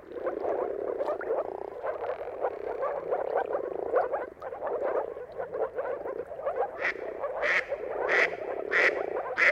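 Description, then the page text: Moor frog chorus of low, bubbling calls overlapping throughout, joined near the end by a louder, harsher call repeated several times. Mating calls of many moor frogs at sunrise, dawn chorus, at the turn of March and April, depending on the weather. "Jakub-Orzecki moor frogs. Dawn’s Chorus: Mating Calls of Marsh Frogs at Sunrise. Depending on the weather at the turn of March and April, you can witness an amazing spectacle of moor frogs"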